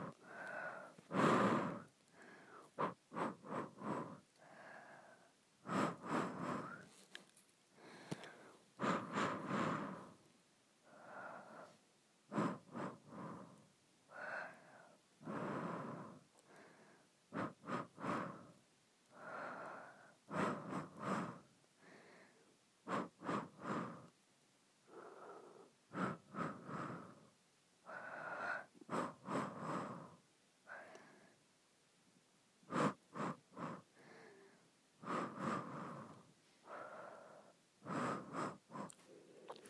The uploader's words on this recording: ASMR Blowing Short Breaths.